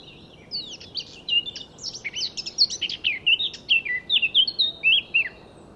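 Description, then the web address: Eurasian blackcap song made of a hurried jumble of squeaky notes followed by ringing, flute-like whistles that slide downward, set against faint steady noise. "SETE data Sylvia atricapilla"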